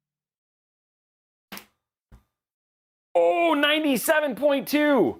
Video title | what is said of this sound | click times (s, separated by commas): How to Build a PC – Giveaways + $2450 PC in the (let’s try again!) Meshilicious (5900x / RTX ... | Okay, that was a solid click, and that's lined up. | 1.6 s